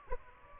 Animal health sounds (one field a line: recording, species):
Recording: mosquito wingbeat signal from an infrared sensor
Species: Aedes aegypti